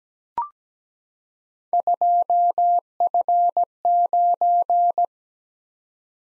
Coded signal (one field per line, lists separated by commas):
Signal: Morse code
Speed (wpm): 17 wpm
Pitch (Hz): 700 Hz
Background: none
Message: 2F9